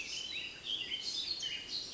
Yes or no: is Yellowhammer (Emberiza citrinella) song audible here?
no